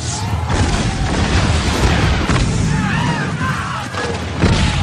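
Gunfire from English troops and heavy booming blasts crowd together in a loud, unbroken roar of battle noise as a crowd charges across the Plaza Mayor, dense and rumbling throughout with no pause.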